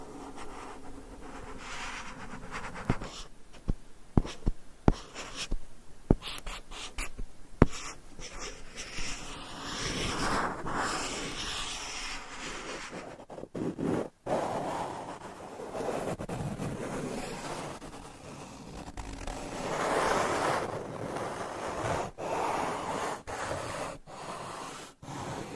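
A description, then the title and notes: Quick-changing trigger sounds shift every few seconds. Sharp taps and clicks come in bursts during the first eight seconds, then give way to steady scratching and soft rubbing swishes like massage strokes, with occasional crisp taps breaking through near the end. Changing Triggers Every Few Seconds Scratching , Tapping , Massage & More No Talking.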